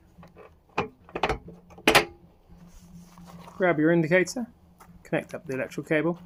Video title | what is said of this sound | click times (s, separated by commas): Fix Freelander 2 Vents & Indicators LR2 | And just click into place. | 0.8 s, 1.9 s